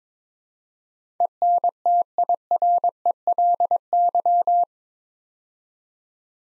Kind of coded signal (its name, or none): Morse code